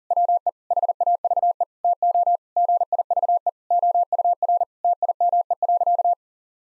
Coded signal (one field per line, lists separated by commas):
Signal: Morse code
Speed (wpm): 40 wpm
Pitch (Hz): 700 Hz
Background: none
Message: WE HAVE TO GIVE OUR TIME.